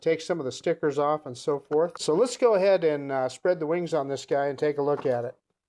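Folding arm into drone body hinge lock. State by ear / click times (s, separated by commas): not seated / none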